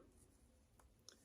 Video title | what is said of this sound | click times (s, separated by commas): Are Toppers For You? - TAKE 2 | there that snapped but you didn't hear that snap okay then | 1.1 s